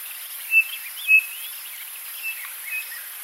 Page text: Chinspot batis - call. by Ashleigh Tordiffe